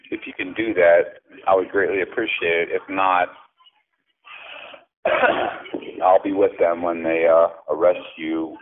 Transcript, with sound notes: if you can do that I would greatly appreciate it. If not (cough) I’ll be with them when they uh arrest you.